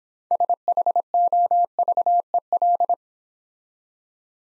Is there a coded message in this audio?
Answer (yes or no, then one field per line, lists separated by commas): yes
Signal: Morse code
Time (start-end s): 0.3-2.9 s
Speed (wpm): 26 wpm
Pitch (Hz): 700 Hz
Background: none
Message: SHOVEL